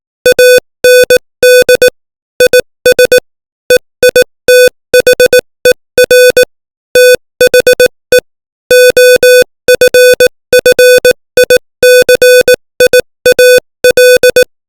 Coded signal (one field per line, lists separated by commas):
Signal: Morse code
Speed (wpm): 18 wpm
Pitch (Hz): 500 Hz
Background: music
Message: AND IS EITHER THE OFFICIAL